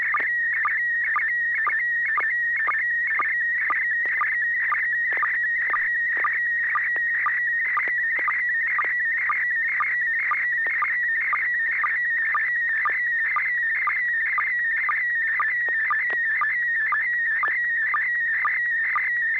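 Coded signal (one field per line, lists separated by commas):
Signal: SSTV (slow-scan television)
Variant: PD120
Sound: warbling tone near 2 kHz with rhythmic ticking sync pulses, about two per second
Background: low steady hum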